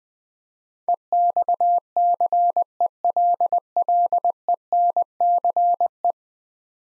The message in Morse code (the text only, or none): EXCELLENCE